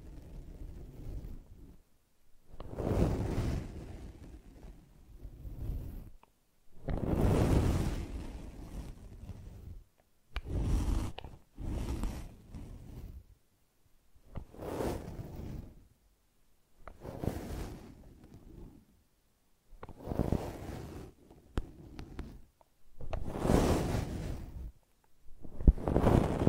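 Brushing and scratching come in repeated strokes, each lasting about one to two seconds, with short silent gaps between them. Each stroke is a dense, rough rasp, fullest in the low and middle range with a hissy top. The strokes recur roughly every two to three seconds throughout.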